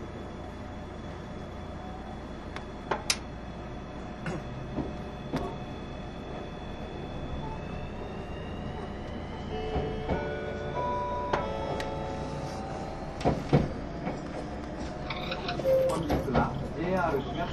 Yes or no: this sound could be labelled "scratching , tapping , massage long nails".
no